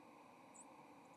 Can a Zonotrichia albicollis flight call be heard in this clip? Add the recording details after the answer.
no. Another species' flight call is heard. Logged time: 09:08 on 30 October 2014